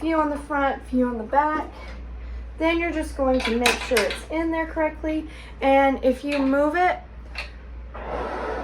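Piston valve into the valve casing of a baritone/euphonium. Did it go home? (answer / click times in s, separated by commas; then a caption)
yes / 7.4 s. A piston valve is put back, after oiling, into the metal valve casing of a baritone/euphonium and rotated while someone talks. At 7.4 s the valve guide drops into its slot with a short, sharp click, and the valve is seated, followed by a brief rustle of handling.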